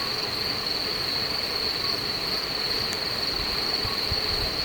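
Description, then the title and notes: Crickets singing, a dense continuous high trill without pause. Recorded at night, 23:00, at Les Buyats, Beaujeu, Beaujolais. "Grillons et crapauds. Un soir en Beaujolais, nuit tombée, des grillons s'en donnent à cœur joie, et en fond, si l'on tend l'oreille, des crapauds chanteurs. Les Buyats, Beaujeu 23.00 Contributeur : Vincent Rivière"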